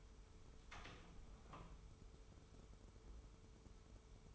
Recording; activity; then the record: daily activity, microphone in the room; open door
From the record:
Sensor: 1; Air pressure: 1015.2 hPa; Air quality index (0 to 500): 147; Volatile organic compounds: 7 ppm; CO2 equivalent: 2030 ppm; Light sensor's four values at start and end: 14/32/14/15 and 14/32/13/15